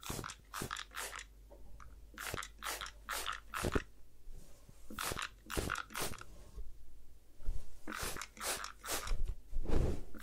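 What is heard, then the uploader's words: Hair wash and massage sounds: quick scratchy rubbing bursts come in clusters every second or so, bright and crackly, separated by brief quieter gaps. A low steady hum runs underneath throughout, and the scrubbing grows slightly louder toward the end. Head Spa Hair Wash, Massage, Ear Cleaning.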